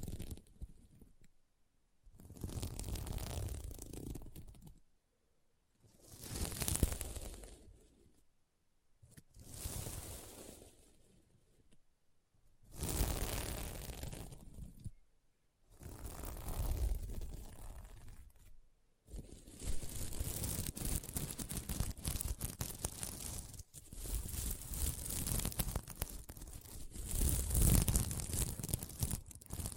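Scratching on a sequin mermaid pillow comes in rough, crinkly bursts of a few seconds with short pauses, then turns continuous after about nineteen seconds.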